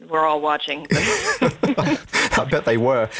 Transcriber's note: laughs